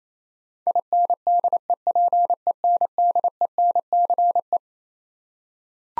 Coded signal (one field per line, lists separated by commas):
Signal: Morse code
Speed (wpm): 28 wpm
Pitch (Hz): 700 Hz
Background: none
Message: INDEPENDENCE